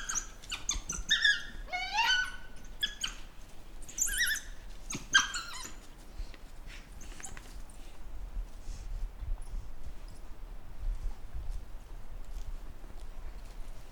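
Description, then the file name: African wild dog twittering: quick squeaky chirps and short sliding squeals in the first six seconds, then only faint hiss and low rumble. Hoo call. "Lycaon pictus hoo-sound"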